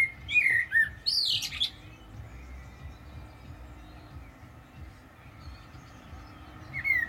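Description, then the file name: Common blackbird song: a few low fluted whistles followed by a squeaky high twitter, then a long quiet stretch before another fluted note near the end. "Turdus merula"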